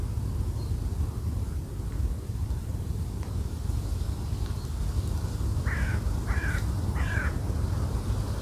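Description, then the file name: Bird calling with three hoarse caws in a short even series at the end, while strong wind rumbles throughout. "Wind und Voegel"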